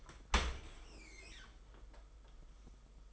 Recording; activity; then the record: daily activity, microphone in the room; open dishwasher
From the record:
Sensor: 5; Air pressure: 991.5 hPa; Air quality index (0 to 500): 114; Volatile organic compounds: 32 ppm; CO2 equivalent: 3000 ppm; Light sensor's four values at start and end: 39/123/47/50 and 39/124/47/50